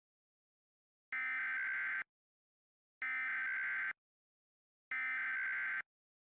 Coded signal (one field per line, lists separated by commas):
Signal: Emergency Alert System (SAME) tones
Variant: header bursts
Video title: (Finale!!!) EAS Mock - The Roach Invasion (Part 5 finale)